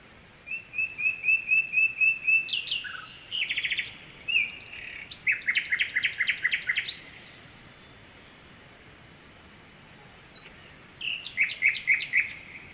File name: Noshten slavej i dalechen potok (s Kovachevica)